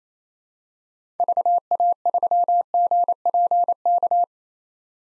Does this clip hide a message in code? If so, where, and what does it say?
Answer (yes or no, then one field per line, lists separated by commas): yes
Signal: Morse code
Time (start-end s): 1.2-4.2 s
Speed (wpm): 27 wpm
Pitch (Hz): 700 Hz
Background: none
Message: VA3GPK